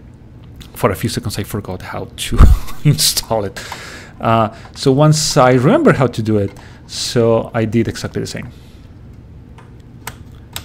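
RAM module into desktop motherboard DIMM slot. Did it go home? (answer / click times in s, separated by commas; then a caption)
yes / 10.1 s, 10.6 s. Someone talks for most of the clip while upgrading a Dell Optiplex 7090 to 128 GB of RAM, then presses a second RAM module into its DIMM slot on the desktop motherboard. The two retention latches click at 10.1 s and 10.6 s, and the module is seated.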